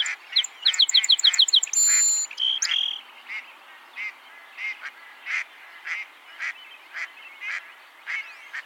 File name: Melospiza melodia - Song Sparrow